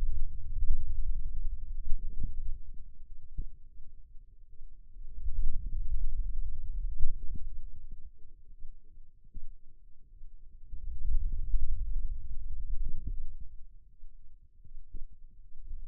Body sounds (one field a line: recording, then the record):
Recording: forearm muscle sounds (acoustic myography)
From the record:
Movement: hand closing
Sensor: system 2, bracelet of six BSWA MPA416 microphones around the upper forearm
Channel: 1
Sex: male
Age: 22 years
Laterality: right